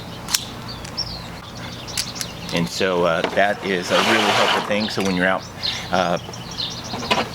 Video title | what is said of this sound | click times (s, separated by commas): Whats in My CAMERA BAG 2020 | so, and then when your camera is on the clip, it just snaps right in. And | 0.3 s